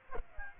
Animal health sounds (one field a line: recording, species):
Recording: mosquito wingbeat signal from an infrared sensor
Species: Aedes aegypti